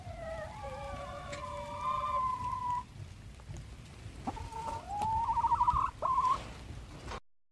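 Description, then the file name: Chickens giving drawn-out, tonal clucking calls, some long and level, others rising in pitch, with a few short notes between and a quiet stretch in the middle. Contented hens singing. "Zufriedene Huehner singen"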